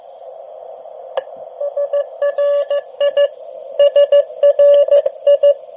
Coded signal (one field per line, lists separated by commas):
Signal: Morse code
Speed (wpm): 14 wpm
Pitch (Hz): 570 Hz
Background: radio noise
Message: SRI SRI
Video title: G3WZD QRP QSO